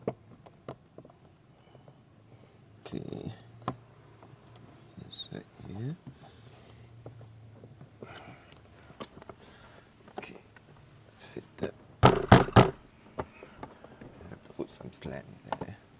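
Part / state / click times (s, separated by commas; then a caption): power seat switch into seat side trim panel / not seated / none. A rear power seat switch for a Toyota pilot seat is handled, angled and fitted into the seat side trim panel while someone talks, with light plastic taps and rubbing throughout. A louder cluster of clacks and rattles comes around 12.0–12.6 s, but the switch has not seated or clicked into place yet when the clip ends.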